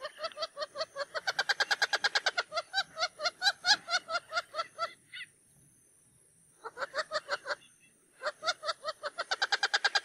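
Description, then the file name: Wattled jacana uttering loud, rapid rattling notes in long trains, broken by two short pauses, then renewed fast chatter. "CANTO-DO-JAÇANÂ-Jacana-jacana-Wattled-Jacana"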